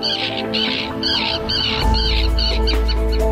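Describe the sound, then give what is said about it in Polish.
Seabirds on a remote, isolated, mountainous subantarctic island give a rapid series of harsh, raspy squawks, about eight calls in a row, joined by a steady low rumble in the second half. “Ona jest bardzo izolowana i jest to absolutny raj dla ptaków morskich.”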